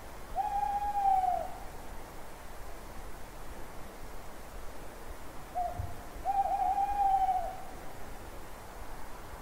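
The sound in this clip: Owl hooting: two long, level hoots about six seconds apart, the second preceded by a brief short note, with faint background hiss.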